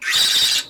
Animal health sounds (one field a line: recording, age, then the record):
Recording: pig call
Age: piglet (1 to 25 days)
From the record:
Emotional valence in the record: negative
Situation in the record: restrain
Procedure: sham castration, fixation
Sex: male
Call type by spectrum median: high-frequency call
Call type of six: high-frequency modulated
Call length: 0.69 s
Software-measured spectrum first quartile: 3406 Hz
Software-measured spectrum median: 4180 Hz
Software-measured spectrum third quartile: 5833 Hz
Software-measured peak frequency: 3793 Hz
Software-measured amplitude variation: 110 dB a second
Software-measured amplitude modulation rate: 15.1 a second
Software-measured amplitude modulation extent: 7.2 dB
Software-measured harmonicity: 2.3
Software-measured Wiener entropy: -1.96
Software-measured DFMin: 1122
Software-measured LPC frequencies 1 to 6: 1840, 3776, 4742, 5533, 7471, 8604 Hz